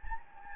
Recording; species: mosquito wingbeat signal from an infrared sensor; Anopheles gambiae